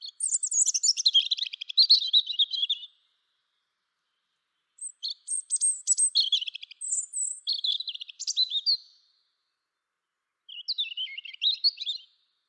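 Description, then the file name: European robin singing three high, thin, tumbling phrases of trills and sweet whistles, each separated by roughly two seconds of silence; no other sounds. "Erithacus rubecula"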